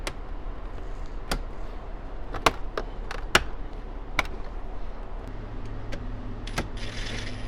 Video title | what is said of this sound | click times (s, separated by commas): 2015 - 2020 Ford F150 Radio Install (4" to double din install) | and get our bezel snapped back into the dash | 2.5 s, 3.3 s, 4.2 s